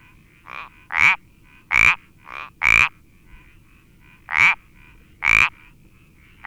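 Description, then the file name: Iberian parsley frog croaking, loud rasping notes mixed with a few fainter ones, irregularly spaced. "Sapillo Moteado Iberico Pelodytes Ibericus"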